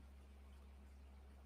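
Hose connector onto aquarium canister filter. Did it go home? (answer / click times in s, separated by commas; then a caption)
no / none. A hose connector is being handled onto an aquarium canister filter, to be pushed on until it clicks. Only a steady low hum and a constant broadband hiss are heard, with no sharp hits. The connector has not seated or clicked yet.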